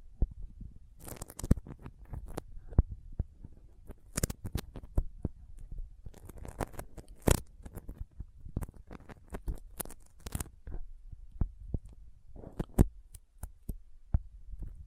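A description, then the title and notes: Sticky finger sounds fill the clip with dense, irregular tacky clicks and peeling snaps, mostly low and soft. Sharper bright pops stand out every second or so, notably around 1, 4, 7, 10 and 13 seconds, with no steady rhythm throughout. ASMR Intense Sticky Finger Sounds (No Talking).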